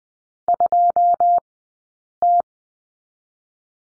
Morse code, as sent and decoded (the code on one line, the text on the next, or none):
..--- -
2T